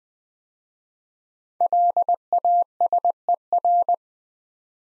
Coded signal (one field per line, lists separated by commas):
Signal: Morse code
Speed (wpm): 20 wpm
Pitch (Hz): 700 Hz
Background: none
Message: LASER